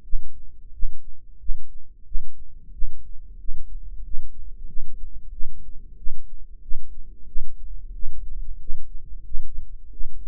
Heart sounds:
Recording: heart sounds by microphone in the right ear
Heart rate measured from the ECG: 91 bpm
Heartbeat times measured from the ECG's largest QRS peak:
0.04 s: heartbeat
0.73 s: heartbeat
1.40 s: heartbeat
2.06 s: heartbeat
2.73 s: heartbeat
3.40 s: heartbeat
4.04 s: heartbeat
4.68 s: heartbeat
5.32 s: heartbeat
5.98 s: heartbeat
6.62 s: heartbeat
7.27 s: heartbeat
7.94 s: heartbeat
8.60 s: heartbeat
9.25 s: heartbeat
9.92 s: heartbeat
From the record:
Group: healthy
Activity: rest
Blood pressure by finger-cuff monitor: 124/59 mmHg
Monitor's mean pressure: 76 mmHg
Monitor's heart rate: 91 bpm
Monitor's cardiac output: 10.7 L/min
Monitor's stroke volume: 118 mL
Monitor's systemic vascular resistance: 500 dyn s/cm5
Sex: male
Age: 35 years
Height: 180 cm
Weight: 86.9 kg

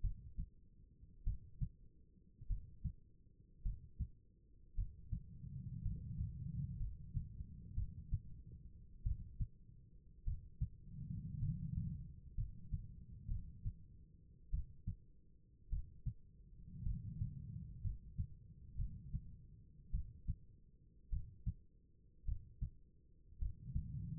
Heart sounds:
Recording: heart sounds by stethoscope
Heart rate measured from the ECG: 54 bpm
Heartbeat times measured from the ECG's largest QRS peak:
0.01 s: heartbeat
1.24 s: heartbeat
2.47 s: heartbeat
3.63 s: heartbeat
4.75 s: heartbeat
5.82 s: heartbeat
6.78 s: heartbeat
7.75 s: heartbeat
9.03 s: heartbeat
10.25 s: heartbeat
11.40 s: heartbeat
12.35 s: heartbeat
13.28 s: heartbeat
14.51 s: heartbeat
15.70 s: heartbeat
16.83 s: heartbeat
17.82 s: heartbeat
18.76 s: heartbeat
19.91 s: heartbeat
21.10 s: heartbeat
22.25 s: heartbeat
23.39 s: heartbeat
From the record:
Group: healthy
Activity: rest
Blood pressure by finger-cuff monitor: 92/56 mmHg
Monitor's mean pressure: 67 mmHg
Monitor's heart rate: 52 bpm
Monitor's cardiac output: 4.5 L/min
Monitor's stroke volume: 84 mL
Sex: female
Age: 36 years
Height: 163 cm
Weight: 88 kg

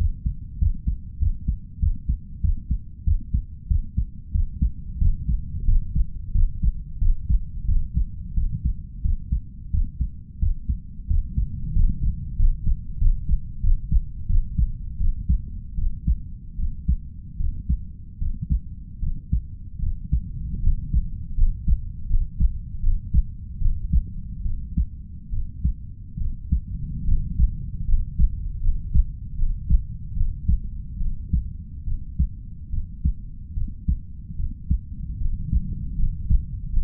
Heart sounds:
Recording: heart sounds by stethoscope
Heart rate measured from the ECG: 81 bpm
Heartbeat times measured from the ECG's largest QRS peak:
0.58 s: heartbeat
1.19 s: heartbeat
1.79 s: heartbeat
2.41 s: heartbeat
3.04 s: heartbeat
3.67 s: heartbeat
4.31 s: heartbeat
4.98 s: heartbeat
5.65 s: heartbeat
6.32 s: heartbeat
6.98 s: heartbeat
7.65 s: heartbeat
8.34 s: heartbeat
9.01 s: heartbeat
9.70 s: heartbeat
10.39 s: heartbeat
11.07 s: heartbeat
11.73 s: heartbeat
12.36 s: heartbeat
12.98 s: heartbeat
13.60 s: heartbeat
14.26 s: heartbeat
14.97 s: heartbeat
15.75 s: heartbeat
16.56 s: heartbeat
17.37 s: heartbeat
18.18 s: heartbeat
19.00 s: heartbeat
19.80 s: heartbeat
20.60 s: heartbeat
21.35 s: heartbeat
22.07 s: heartbeat
22.80 s: heartbeat
23.58 s: heartbeat
24.43 s: heartbeat
25.30 s: heartbeat
26.18 s: heartbeat
27.05 s: heartbeat
27.85 s: heartbeat
28.60 s: heartbeat
29.35 s: heartbeat
30.13 s: heartbeat
30.98 s: heartbeat
31.84 s: heartbeat
32.70 s: heartbeat
33.54 s: heartbeat
34.36 s: heartbeat
35.18 s: heartbeat
35.96 s: heartbeat
36.70 s: heartbeat
From the record:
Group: healthy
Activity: cold pressor test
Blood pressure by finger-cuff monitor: 113/63 mmHg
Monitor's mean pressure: 76 mmHg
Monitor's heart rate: 82 bpm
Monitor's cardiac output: 6.8 L/min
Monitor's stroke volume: 80 mL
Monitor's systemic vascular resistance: 800 dyn s/cm5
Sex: female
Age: 32 years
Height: 168 cm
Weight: 61.9 kg

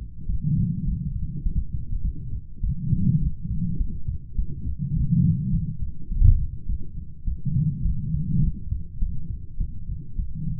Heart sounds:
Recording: heart sounds by stethoscope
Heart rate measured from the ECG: 103 bpm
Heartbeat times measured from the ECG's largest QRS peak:
0.26 s: heartbeat
0.84 s: heartbeat
1.42 s: heartbeat
2.01 s: heartbeat
2.60 s: heartbeat
3.19 s: heartbeat
3.77 s: heartbeat
4.35 s: heartbeat
4.93 s: heartbeat
5.51 s: heartbeat
6.08 s: heartbeat
6.66 s: heartbeat
7.24 s: heartbeat
7.82 s: heartbeat
8.40 s: heartbeat
8.98 s: heartbeat
9.57 s: heartbeat
10.15 s: heartbeat
From the record:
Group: healthy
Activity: light exercise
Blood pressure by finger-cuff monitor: 141/75 mmHg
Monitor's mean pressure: 99 mmHg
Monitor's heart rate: 103 bpm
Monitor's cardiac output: 9.7 L/min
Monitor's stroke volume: 95 mL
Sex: female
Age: 32 years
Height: 172 cm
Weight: 71.7 kg

